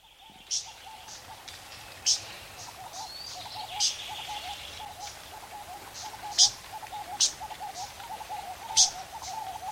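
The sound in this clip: Fan-tailed warbler giving sharp, high, clicking notes at irregular intervals, over a steady low pulsing trill.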